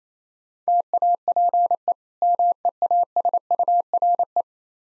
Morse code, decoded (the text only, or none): TAPE MEASURE